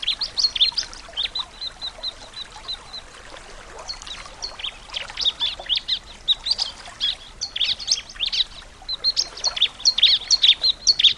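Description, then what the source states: Bar-winged prinia song: a long run of sharp, high chirps with brief pauses. Nature-therapy sound for a ciblek that has stopped singing (macet).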